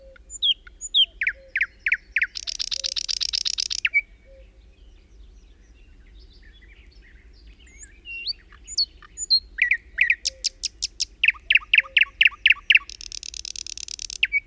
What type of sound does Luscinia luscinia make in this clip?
song